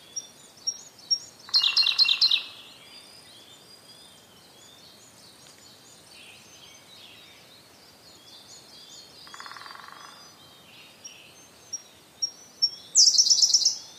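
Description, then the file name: Siberian blue robin delivering two songs, each a loud, rapid high trill after scattered ticks, with a low buzzing sound twice. "koruri"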